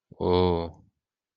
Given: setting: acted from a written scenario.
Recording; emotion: vocal sound without words; awe